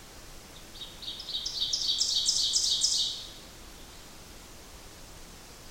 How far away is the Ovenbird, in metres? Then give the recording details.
about 10 m. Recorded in boreal forest in Alberta, Canada, on 8 June 2016 at 07:46. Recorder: SongMeter 3, array SBT-3-9. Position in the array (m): 40 m, 99 m. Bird 33